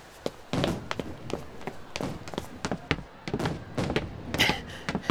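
Repeated sharp bangs of fireworks burst irregularly over a steady rumbling background, mixed with quick thudding footsteps as someone runs, with no one speaking.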